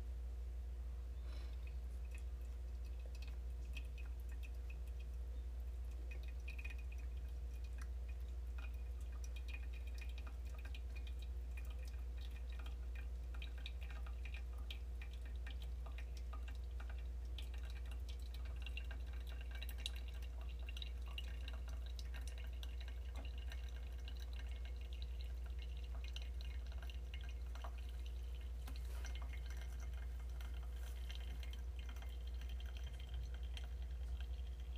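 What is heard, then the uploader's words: Coffee being made by hand, with a strong, steady low hum running underneath the whole time. Above it come dense, irregular crackles and small gritty clicks, thickening after the midpoint, plus light trickling and dripping like water being poured. Grind beans by hand and pour over coffee.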